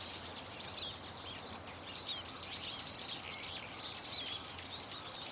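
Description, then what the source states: Birds singing in a dense chorus, countless high chirps and twittering notes overlapping without pause, with a steady low background hum. Loud, nonstop chirping and singing of many birds in a tetrapod breakwater belt and its trees; recorded with microphone and camera.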